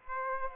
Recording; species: mosquito wingbeat signal from an infrared sensor; Aedes aegypti